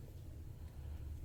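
The plastic battery and SD card compartment door latch on a Panasonic Lumix GX850/GF9 mirrorless camera body is handled just before being closed and locked. Only a steady low rumble and faint background noise are heard, with no sharp hits. Nothing has locked or clicked yet.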